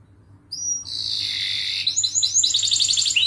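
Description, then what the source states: Canary song: a brief high whistle, then a sustained buzzy trill, breaking into quick repeated chirping notes. Actively singing canary with elaborate song turns and rich fill-in phrases, used for songbird-hobby training.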